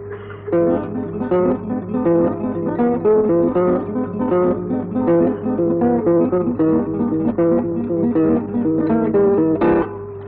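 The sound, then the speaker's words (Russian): An acoustic guitar plays alone, picking a steady, flowing pattern of notes over a sustained low bass tone, fairly loud and even throughout, with no voices. “Один вопрос. Слышно гитару так?”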